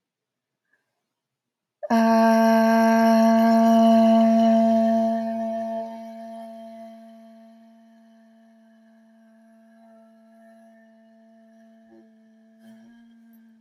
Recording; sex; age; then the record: vowel held as long as possible; female; 20 to 29 years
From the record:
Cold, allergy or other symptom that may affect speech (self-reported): no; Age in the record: 23 years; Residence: Connecticut, United States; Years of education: 16